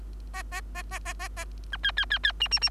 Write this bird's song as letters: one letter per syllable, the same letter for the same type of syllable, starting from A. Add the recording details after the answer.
A A A A A A A B C C C C D D D. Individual Bird3